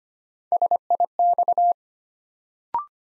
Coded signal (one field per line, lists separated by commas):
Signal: Morse code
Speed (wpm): 25 wpm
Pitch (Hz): 700 Hz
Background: none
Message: SIX